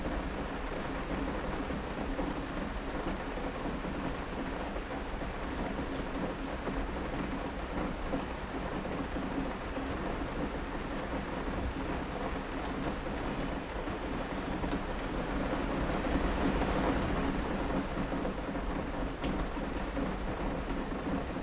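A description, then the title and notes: Steady midday rain patters against windows in a dense, even wash, with a low rumble underneath and a slight swell around seventeen seconds. Midday Rain and Windows.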